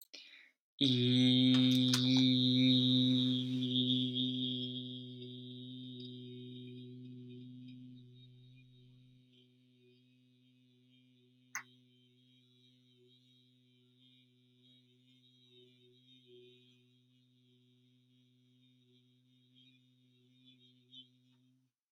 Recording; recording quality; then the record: sustained vowel as in beet; excellent, no background noise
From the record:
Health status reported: healthy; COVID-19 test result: not tested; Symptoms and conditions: asthma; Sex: male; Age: 25 years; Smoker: not ticked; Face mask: not worn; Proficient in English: yes